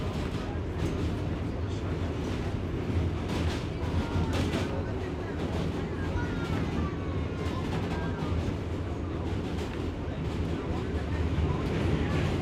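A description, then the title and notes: Inside a New York subway, a loud, steady rumble of the moving train fills the low end for the whole twelve seconds. Murmured voices blend into the din, while faint squeals and clatters from the wheels and rails come and go throughout. Int, NYT Subway WT, Talking, Etc. NYC Subway.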